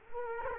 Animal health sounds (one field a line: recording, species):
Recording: mosquito wingbeat signal from an infrared sensor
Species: Culex quinquefasciatus